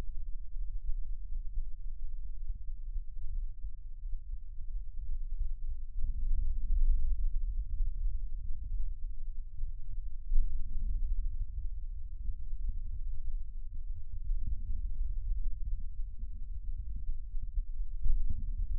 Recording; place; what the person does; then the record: lung sounds by stethoscope; right anterior apical chest; quiet breathing, then deep breathing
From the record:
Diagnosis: COPD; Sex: male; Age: 81 years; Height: 166 cm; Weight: 98.7 kg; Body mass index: 35.8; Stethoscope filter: bell mode